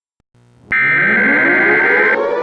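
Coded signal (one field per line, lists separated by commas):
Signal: Emergency Alert System (SAME) tones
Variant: header bursts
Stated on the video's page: EAS tones from a fictional full scenario, not a real alert.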